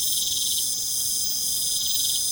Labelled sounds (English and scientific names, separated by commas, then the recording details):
none
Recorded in pastures near Puerto Asís, Putumayo, Colombia, on 23 June 2025 at 21:00
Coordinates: 0.472, -76.331
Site G095